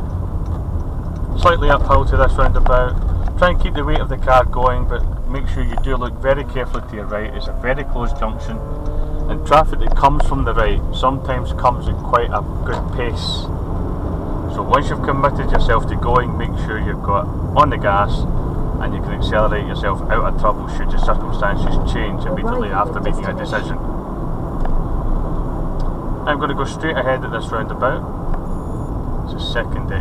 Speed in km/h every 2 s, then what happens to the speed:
26, 19, 13, 11, 18, 23, 32, 40, 40, 44, 45, 47, 48, 42, 40.
0-6 slows to 11. 6-19 speeds up to 45. 19-25 steady at about 47. 25-30 slows to 40.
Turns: 0-12.